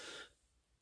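Adult man. A single short cough without fever, from a little itch or scratch in the throat.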